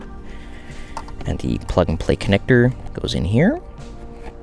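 A plug-and-play harness connector is pushed into its mating socket in a vehicle during an amp install, clicking into place at 0.9 s. Someone talks over the sound, and the connector is seated.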